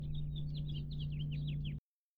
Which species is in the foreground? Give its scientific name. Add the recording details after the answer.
Haemorhous mexicanus. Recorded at Hewlett Harbor on Long Island, New York, on 10 June 1975. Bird D